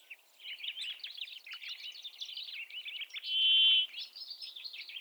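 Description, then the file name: Brambling with a single long, flat, buzzy wheeze in the second half, set against continuous fast chattering and twittering. "pinson du nord"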